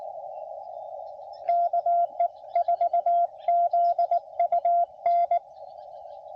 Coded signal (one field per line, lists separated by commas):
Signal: Morse code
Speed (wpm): 21 wpm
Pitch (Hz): 690 Hz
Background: radio noise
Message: KE4ZUN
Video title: CW POTA Lower Hobble Creek